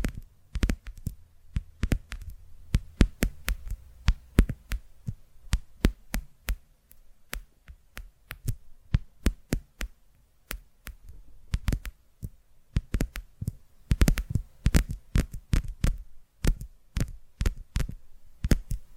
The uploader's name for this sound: Tapping Through Your Brain Invisible + Triggers